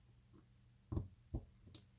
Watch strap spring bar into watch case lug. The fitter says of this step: push it like that and i heard it click already give it a small jiggle and again very quick and we're good to go